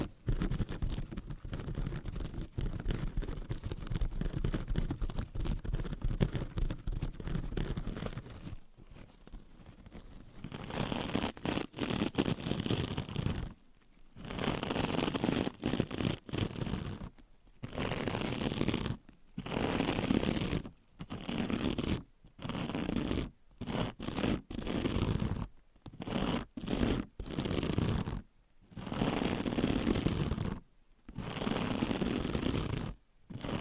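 Scratching and rubbing sounds, with a softer, steadier texture of fine scraping for the first nine seconds. After that the strokes become louder and fuller, coming in bursts of a second or two separated by short silences, falling into a fairly regular rhythm.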